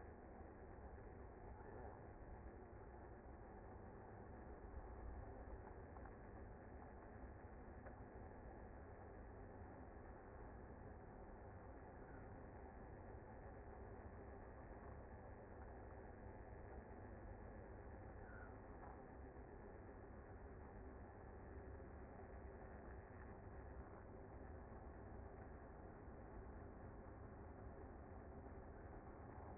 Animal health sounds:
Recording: honeybee colony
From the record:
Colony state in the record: active

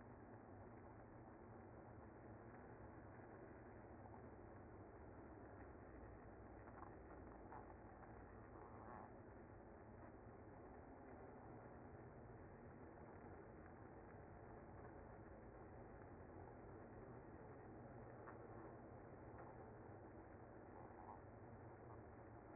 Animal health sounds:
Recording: honeybee colony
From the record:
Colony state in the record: active

